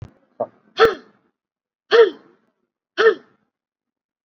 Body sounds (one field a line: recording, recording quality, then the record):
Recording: shallow voluntary cough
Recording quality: excellent, no background noise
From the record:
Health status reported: COVID-19 positive, mild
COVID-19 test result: positive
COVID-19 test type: RT-PCR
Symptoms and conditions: cough, cold, fatigue, muscle pain, diabetes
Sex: male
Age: 48 years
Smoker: no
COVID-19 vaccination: both doses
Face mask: worn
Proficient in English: yes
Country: India